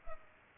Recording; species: mosquito wingbeat signal from an infrared sensor; Culex pipiens